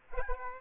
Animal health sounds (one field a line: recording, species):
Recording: mosquito wingbeat signal from an infrared sensor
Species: Aedes aegypti